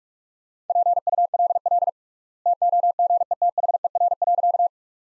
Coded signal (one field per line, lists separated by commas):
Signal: Morse code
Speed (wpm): 42 wpm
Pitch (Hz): 700 Hz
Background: none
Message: PULL TOGETHER.